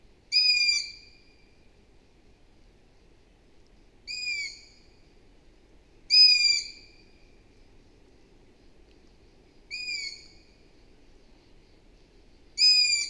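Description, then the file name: Long-eared owl producing a series of five high-pitched squeaky calls, each about half a second long, spaced irregularly two to four seconds apart in a quiet background. "Hibou moyen-duc - Asio otus"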